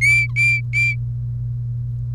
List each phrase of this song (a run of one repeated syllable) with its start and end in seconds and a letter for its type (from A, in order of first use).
0.01-0.95 A